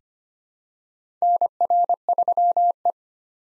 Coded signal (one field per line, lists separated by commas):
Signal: Morse code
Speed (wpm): 25 wpm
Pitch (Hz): 700 Hz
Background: none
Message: NR3E